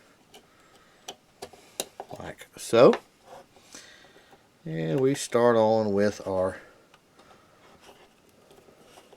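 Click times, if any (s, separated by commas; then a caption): none. A new polymer floor plate for a magazine extension is handled at a Glock 42 pistol magazine body while someone talks. Several short, sharp ticks and taps come early in the clip, with the loudest near 1.8 s. The clip ends before the plate goes home, so nothing has seated or clicked into place yet.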